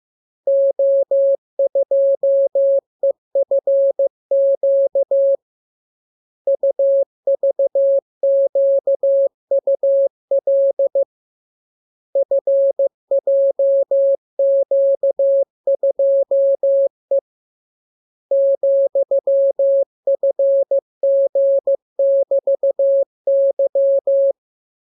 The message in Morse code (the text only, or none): O2EFQ UVQUL FJQ2E ,FG<BT>Y